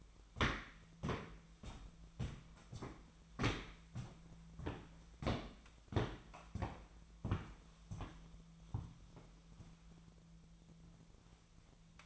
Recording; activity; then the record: daily activity, microphone in the room; walk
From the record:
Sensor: 1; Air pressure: 1008.4 hPa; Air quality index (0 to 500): 190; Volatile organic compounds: 17 ppm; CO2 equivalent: 2572 ppm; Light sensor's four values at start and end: 19/47/19/22 and 19/48/20/23